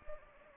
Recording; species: mosquito wingbeat signal from an infrared sensor; Anopheles gambiae